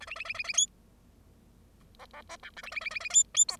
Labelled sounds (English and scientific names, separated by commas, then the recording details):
Bengalese Finch (Lonchura striata domestica) song
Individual Bird0